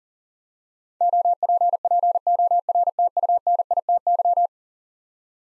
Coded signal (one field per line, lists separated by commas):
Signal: Morse code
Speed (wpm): 40 wpm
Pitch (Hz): 700 Hz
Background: none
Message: OPPORTUNITY